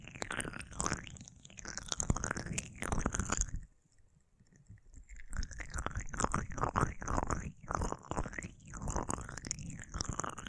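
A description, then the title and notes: Wet, squishy rubbing of aloe gel in an ear massage, a dense stream of sticky smacks and slippery swishes with rhythmic rising and falling strokes. The sound stops almost completely from about 3.5 to 5 seconds, then resumes just as thick and steady. ASMR Aloe Gel Ear Massage for Pure Relaxation (No Talking).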